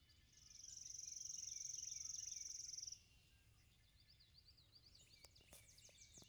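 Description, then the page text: Chipping sparrow giving a dry, rapid, even trill of high chips lasting over two seconds, followed by scattered high notes. Recorded in Maryland. "Chipping Sparrow by Wayne Longbottom"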